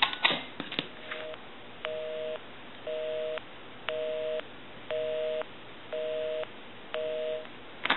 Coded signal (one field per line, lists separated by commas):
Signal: telephone call progress tone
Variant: North America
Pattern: busy tone